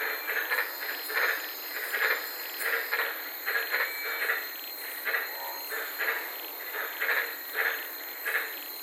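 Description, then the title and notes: White-lipped tree frogs give short barking croaks repeated throughout, over an unbroken high hiss. Several frogs calling at night in the Daintree rainforest, Queensland, Australia, recorded from inside a car. "White Lipped Frog Podcast. I was sitting in my car in the Daintree rainforest in Queensland this night and fell asleep listening to these amazing White lipped frogs"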